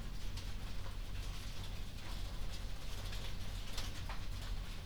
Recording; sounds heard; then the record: poultry house recording; no chicken sound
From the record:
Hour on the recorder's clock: 22